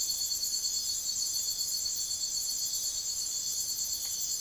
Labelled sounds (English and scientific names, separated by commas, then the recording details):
none
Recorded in secondary vegetation near Puerto Asís, Putumayo, Colombia, on 9 March 2025 at 05:00
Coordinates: 0.489, -76.322
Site G042